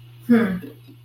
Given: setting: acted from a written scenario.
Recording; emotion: vocal sound without words; neutral